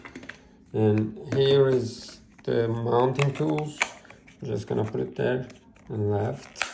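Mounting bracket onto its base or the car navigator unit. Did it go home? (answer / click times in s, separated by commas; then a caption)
no / none. Someone talks while handling the dashboard/windscreen mounting bracket for an Atoto P9 car navigator, positioning it onto its base, with a few faint light taps near the start. The bracket has not seated or clicked into place yet.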